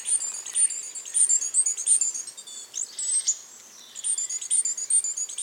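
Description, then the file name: Great tit calls: a dense stream of very high, thin chirps and twittering notes, with a few brief lower descending notes and one short quieter spell. "Parus major"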